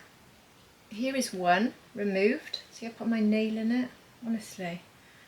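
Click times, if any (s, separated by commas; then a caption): none. Someone talks while handling an individual eyeshadow pan that has been removed from its well in a magnetic palette with a strong magnet. Nothing has seated or clicked yet; the clip ends before the pan goes back into its well.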